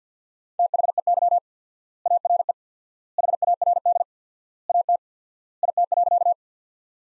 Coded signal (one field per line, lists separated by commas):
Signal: Morse code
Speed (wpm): 50 wpm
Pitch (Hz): 700 Hz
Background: none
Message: THEY ARE HARD AT IT.